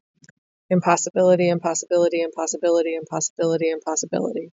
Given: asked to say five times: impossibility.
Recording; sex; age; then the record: repeated word; female; 30 to 39 years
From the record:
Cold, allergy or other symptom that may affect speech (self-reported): no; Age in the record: 34 years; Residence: Minnesota, United States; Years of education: 14